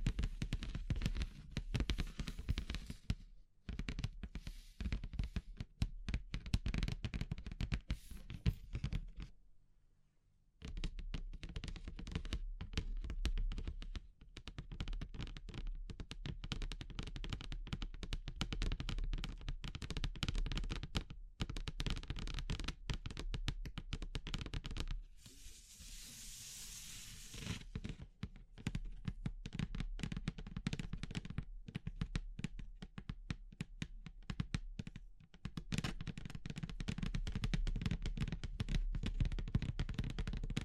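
Dense, crackling handling of wood, bamboo and straw, with quick dry taps and rustles packed close together and a steady low rumble underneath. The activity pauses briefly near 10 seconds, and around 25–27 seconds a brighter hissing rustle takes over before the tapping resumes.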